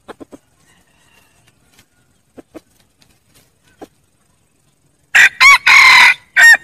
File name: tieng ga trong rung gay goi ga